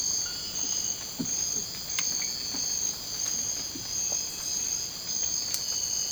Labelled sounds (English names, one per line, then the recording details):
none
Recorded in dense forest near Puerto Asís, Putumayo, Colombia, on 24 March 2025 at 02:30
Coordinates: 0.481, -76.323
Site G088